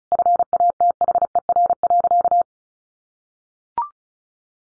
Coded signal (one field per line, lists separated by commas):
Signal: Morse code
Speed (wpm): 34 wpm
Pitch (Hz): 700 Hz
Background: none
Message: FATHER.